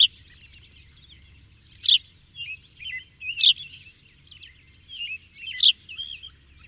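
Bird song, short high buzzy notes roughly every two seconds mixed with little twisting chirps and steady faint twittering in the background.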